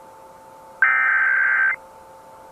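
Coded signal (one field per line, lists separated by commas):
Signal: Emergency Alert System (SAME) tones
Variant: header bursts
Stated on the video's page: Fictional EAS scenario made with generative AI voices.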